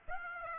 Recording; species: mosquito wingbeat signal from an infrared sensor; Aedes aegypti